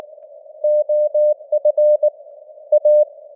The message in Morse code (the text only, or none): OF A